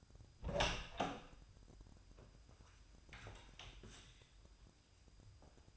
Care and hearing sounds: daily activity, microphone in the room; open door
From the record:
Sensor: 2

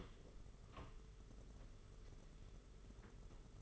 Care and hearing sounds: daily activity, microphone in the room; open door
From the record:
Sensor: 4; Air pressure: 992.3 hPa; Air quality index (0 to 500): 113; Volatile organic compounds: 22 ppm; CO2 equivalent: 2740 ppm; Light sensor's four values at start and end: 21/74/27/28 and 22/75/27/29

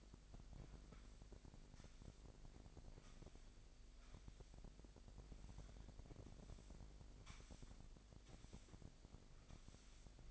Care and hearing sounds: daily activity, microphone in the room; sweep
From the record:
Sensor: 5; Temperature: 25.1 degrees Celsius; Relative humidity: 39.7%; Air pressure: 1001.7 hPa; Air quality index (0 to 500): 181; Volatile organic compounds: 12 ppm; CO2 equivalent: 2326 ppm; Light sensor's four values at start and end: 28/95/36/38 and 28/95/36/37

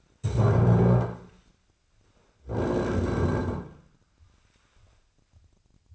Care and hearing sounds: daily activity, microphone in the room; stand up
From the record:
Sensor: 2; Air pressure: 1009.1 hPa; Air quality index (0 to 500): 169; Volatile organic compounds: 2 ppm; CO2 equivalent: 1238 ppm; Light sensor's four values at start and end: 36/95/40/43 and 37/97/41/44

